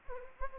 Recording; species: mosquito wingbeat signal from an infrared sensor; Anopheles gambiae